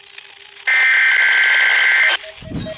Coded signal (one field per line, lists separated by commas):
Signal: Emergency Alert System (SAME) tones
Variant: header bursts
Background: speech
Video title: Required Weekly Tests | EAS #399 - #400!!